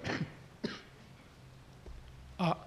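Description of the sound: Three short, rough bursts of throat clearing and coughing from an adult man, spaced over about two and a half seconds, with quiet room noise between them. It is a deliberate cough to clear a hoarse voice that is hard to hear, the hoarseness coming from singing too loudly in the morning.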